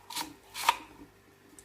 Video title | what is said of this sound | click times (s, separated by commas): New fish & Water change | No, just clicks in place. | 0.7 s